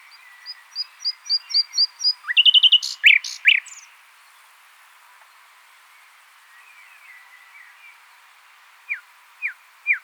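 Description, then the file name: Common nightingale song: a series of repeated notes, then a fast rattling burst, a long pause, and three sharp slurred notes. "Luscinia megarhynchos"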